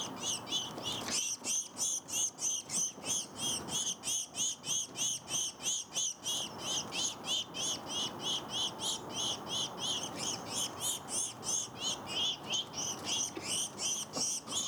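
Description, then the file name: House sparrow chirping continuously, a fast, even string of harsh chirps, about three each second, over low background noise. "Passer domesticus"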